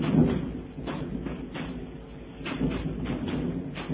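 A transparent sliding door rolls along its track, producing a steady low rumbling scrape with a few soft knocks over about four seconds, with no voices.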